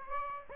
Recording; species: mosquito wingbeat signal from an infrared sensor; Aedes aegypti